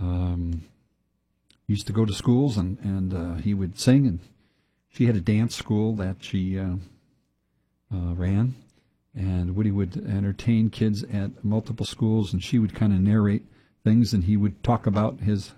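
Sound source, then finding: Adult male speaker. Normal speech.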